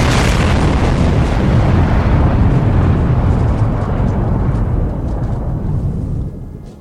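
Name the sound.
bomb explosion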